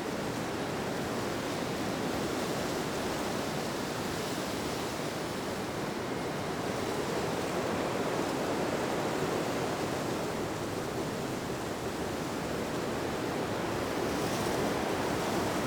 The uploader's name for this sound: Windy Autumn Day